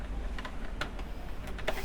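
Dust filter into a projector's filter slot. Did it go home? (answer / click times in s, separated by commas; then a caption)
no / none. A cleaned plastic dust filter is pressed back into its slot in a WZATCO Yuva Plus portable LED projector, with soft plastic rubbing and handling noises. Two sharp taps come at about 1.7 and 1.8 seconds, but the filter has not seated or clicked into place yet.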